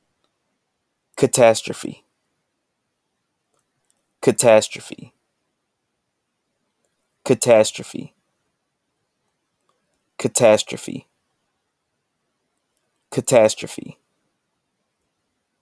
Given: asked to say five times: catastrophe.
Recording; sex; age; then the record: repeated word; male; 20 to 29 years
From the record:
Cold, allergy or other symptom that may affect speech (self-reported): no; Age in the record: 23 years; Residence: Texas, United States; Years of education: 17